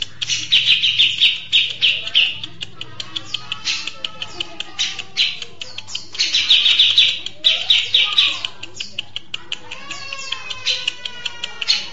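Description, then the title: Mixed birdsong with continuous quick, high chirps and twitters, overlaid by soft, lower whistled phrases that rise and fall. "Burung Campur2"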